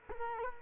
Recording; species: mosquito wingbeat signal from an infrared sensor; Culex quinquefasciatus